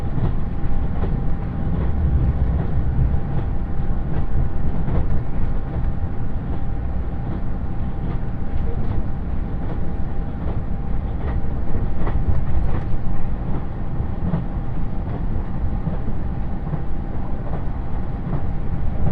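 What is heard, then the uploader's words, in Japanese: A limited express train on the Yosan Line runs steadily from Iyo-Ozu toward Uwajima, its heavy low rumble filling the whole clip at an even level. A faint thin whine holds throughout, and light clicks and knocks from the rails recur irregularly. 予讃線特急宇和海5号 伊予大洲→宇和島。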